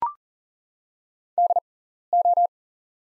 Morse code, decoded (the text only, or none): DO